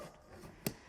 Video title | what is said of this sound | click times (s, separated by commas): Lifepro X-Flexcycle Pro Folding Exercise Bike Orientation | until it clicks in. | 0.7 s